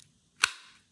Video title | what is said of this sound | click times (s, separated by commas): 6 Awesome New Knives - Including a Grail of Mine | nice positive click there | 0.4 s